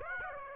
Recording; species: mosquito wingbeat signal from an infrared sensor; Aedes aegypti